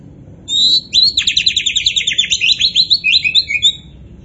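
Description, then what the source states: Oriental magpie-robin song: an opening whistle, then a fast run of rhythmic buzzy chattering notes for about three seconds, ending in falling whistles. Kacer poci type of Oriental magpie-robin, described as gacor (singing vigorously and continuously).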